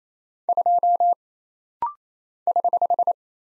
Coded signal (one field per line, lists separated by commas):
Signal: Morse code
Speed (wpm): 27 wpm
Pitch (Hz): 700 Hz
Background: none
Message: 2 <HH>